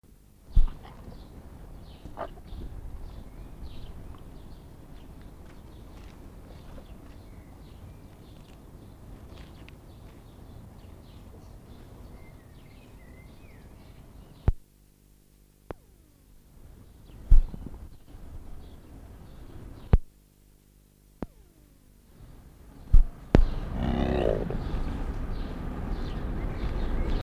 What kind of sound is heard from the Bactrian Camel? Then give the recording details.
call. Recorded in captivity. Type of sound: call. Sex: female. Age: adult. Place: Zoo Berlin, Berlin, DE. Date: 1959-06-12 17:30. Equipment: Reporter (Vollspur). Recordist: Tembrock, Günter. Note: Stute mit Jungtier: Rufe. Abstand: 4 m